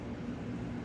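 The drive piece that turns the cue blank on an Avid CNC router's rotary axis is put back in and spun by hand. A steady, dense low-frequency hum with broadband noise fills the clip, with no distinct clicks or sharp impacts. Nothing has seated or clicked into place yet.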